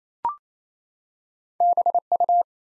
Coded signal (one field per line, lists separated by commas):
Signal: Morse code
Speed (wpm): 29 wpm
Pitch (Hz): 700 Hz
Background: none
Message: BU